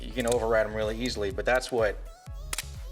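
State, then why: Seated. Someone talks as the metal handles of a Leatherman Free P4 multitool are brought together. A sharp click at 2.5 s is heard as two small T-shaped flanges snap into place, locking the handles.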